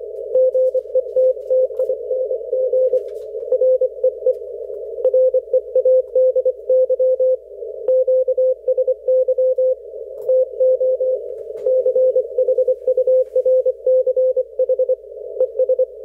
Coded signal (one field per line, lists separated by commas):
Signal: Morse code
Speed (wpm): 25 wpm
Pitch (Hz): 510 Hz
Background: none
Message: GETTING REE READY QSY TO CHURCH ES